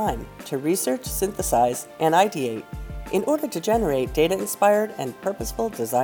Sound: none